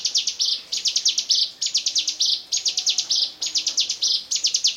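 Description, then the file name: Bar-winged prinia song: high, quick chattering phrases ending in a buzzy trill, repeated about once a second with short gaps. "ciblekmonster"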